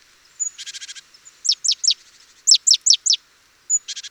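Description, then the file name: Great tit mixing buzzy, churring rattles with clusters of high, sharply descending notes. "Parus major"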